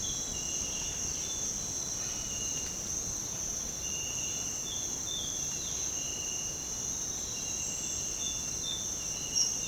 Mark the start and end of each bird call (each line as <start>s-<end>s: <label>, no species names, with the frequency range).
1.88s-2.27s: bird call (0.6-3.3 kHz)